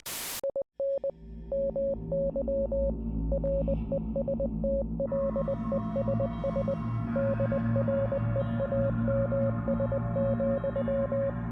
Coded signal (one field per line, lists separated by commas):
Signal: Morse code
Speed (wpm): 20 wpm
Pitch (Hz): 550 Hz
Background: none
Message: IN MY RESTLESS DREAMS,